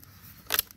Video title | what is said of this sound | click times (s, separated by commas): Barnett whitetail hunter str crossbow how to assemble cocking rope instructions review unboxing xbow | and you'll hear that click | 0.5 s, 0.6 s